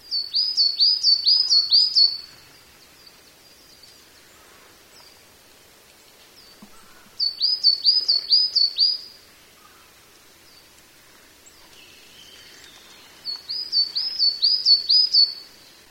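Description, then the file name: Coal tit song in three separate bursts of quick, high, squeaky two-part phrases, each burst about two seconds long, with quiet gaps between them. "higara"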